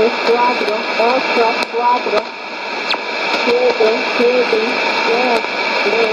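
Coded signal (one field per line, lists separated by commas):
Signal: numbers station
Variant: HM01, Spanish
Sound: brief spoken syllables, possibly numbers, through noisy shortwave hiss with steady hum tones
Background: radio static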